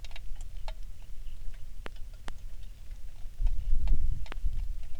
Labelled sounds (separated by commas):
songbird, rain